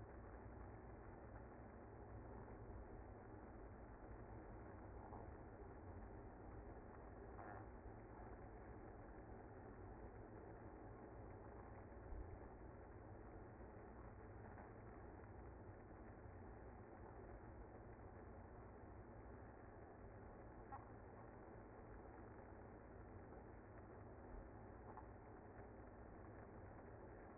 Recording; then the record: honeybee colony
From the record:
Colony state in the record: active